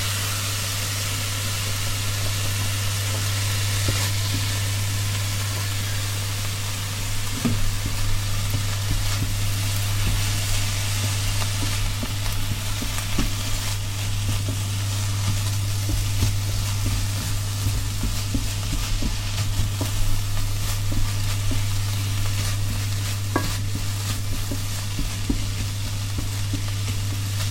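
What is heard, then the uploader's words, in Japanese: Cooking sounds fill the clip: a steady, dense sizzle like food frying in a pan, bright and hissy throughout. A constant low hum sits underneath, and occasional light clicks and scrapes of stirring come through, a little busier after about seven seconds. 調理音のみ。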